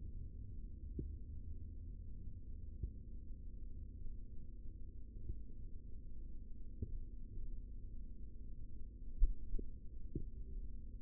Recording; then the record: forearm muscle sounds (acoustic myography)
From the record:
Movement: rest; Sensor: system 3, bracelet of six PUI Audio POM-2738L microphones around the upper forearm, with dedicated amplification and filtering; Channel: 5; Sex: male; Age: 23 years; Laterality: right